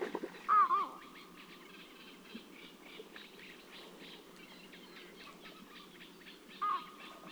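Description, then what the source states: Eurasian bittern flight calls: a quick pair of rough, wavering barks near the start and one more about six seconds later. Flight calls of two individuals.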